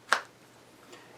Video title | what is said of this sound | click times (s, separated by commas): Pitbull Tactical Universal Mag Carrier Out Of The Box Review | you can actually hear it click in place when it snaps over that inch and a half | 0.1 s